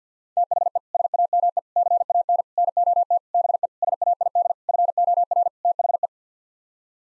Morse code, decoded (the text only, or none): THE SAME CAN NOT BE SAID FOR THE